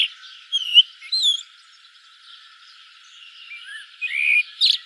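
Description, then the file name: Common blackbird song: short whistled warbling phrases, a pause, then more whistles and a squeaky flourish at the end. "Turdus merula"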